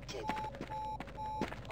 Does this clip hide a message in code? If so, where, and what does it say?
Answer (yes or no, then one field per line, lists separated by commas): no